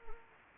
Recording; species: mosquito wingbeat signal from an infrared sensor; Anopheles gambiae